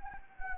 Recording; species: mosquito wingbeat signal from an infrared sensor; Anopheles arabiensis